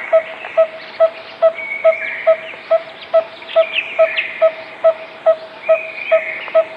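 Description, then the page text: Coppersmith barbet song: a mellow, hollow tuk repeated at a steady pace about twice a second, with other birds chirping and whistling behind it. "Coppersmith Barbet Song - Quick Sounds"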